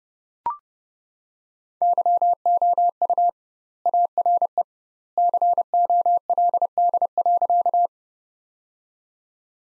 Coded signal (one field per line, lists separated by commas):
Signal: Morse code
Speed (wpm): 32 wpm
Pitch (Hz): 700 Hz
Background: none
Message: YOU ARE COLD.